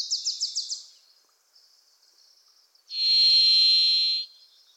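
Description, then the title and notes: Varied Thrush song: a steady, ringing, buzzy whistle over a second long, preceded by another bird's fast series of notes. Singing from deep within Pacific Northwest forest, voice reverberant and hard to locate; Wilson's Warbler singing alongside. "The Varied Thrush, Ixoreus naevius, is a wisp in the forests of the Pacific Northwest."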